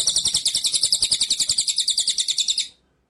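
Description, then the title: White-rumped shama song: a fast, even, high-pitched pulsing trill that runs steadily for nearly three seconds, then stops abruptly. Training (masteran) track with full rolling ('ngerol') and shooting ('nembak') song styles. "Masteran Murai Batu Full Ngerol Nembak"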